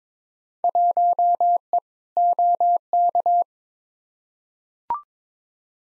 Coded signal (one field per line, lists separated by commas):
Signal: Morse code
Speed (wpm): 22 wpm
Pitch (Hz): 700 Hz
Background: none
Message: 1E OK